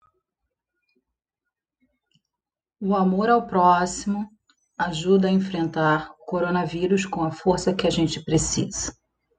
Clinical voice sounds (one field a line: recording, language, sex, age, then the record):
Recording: spoken sentence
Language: Brazilian Portuguese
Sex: female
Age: 30 to 39 years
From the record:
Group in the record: control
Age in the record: 38 years